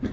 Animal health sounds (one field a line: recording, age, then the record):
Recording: pig call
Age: growing-finishing pig (85 days or more)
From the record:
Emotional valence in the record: negative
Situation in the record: barren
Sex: male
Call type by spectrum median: low-frequency call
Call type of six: low-frequency stable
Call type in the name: low-frequency stable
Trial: 4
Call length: 0.12 s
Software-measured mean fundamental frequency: 51 Hz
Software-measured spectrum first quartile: 168 Hz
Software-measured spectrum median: 253 Hz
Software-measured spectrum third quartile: 403 Hz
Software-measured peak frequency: 253 Hz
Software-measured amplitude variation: 107 dB a second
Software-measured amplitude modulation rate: 8.2 a second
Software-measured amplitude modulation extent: 13.1 dB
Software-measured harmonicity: 1.6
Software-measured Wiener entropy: -0.39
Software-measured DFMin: 803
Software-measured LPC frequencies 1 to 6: 291, 1685, 3440, 4676, 5792, 6461 Hz